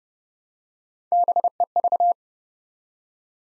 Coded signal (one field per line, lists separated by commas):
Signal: Morse code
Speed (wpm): 32 wpm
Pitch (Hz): 700 Hz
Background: none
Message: BEV